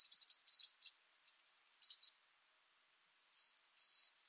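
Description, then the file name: European robin singing a rippling high warble that wavers upward, a short pause, then thin sustained whistled notes ending in a sharp high flourish. "Erithacus rubecula"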